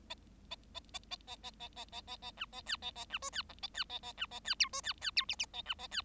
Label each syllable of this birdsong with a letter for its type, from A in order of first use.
A A A A A A A A A A A B A C A A B D C E A C A A B A C F D C C F G G A B A C